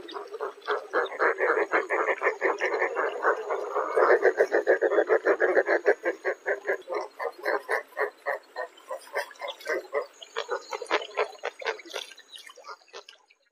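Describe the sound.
Spoonbill producing a long, rapid series of rough, pulsing grunts, about three or four per second, slowing and thinning toward the end, with a faint high whine behind.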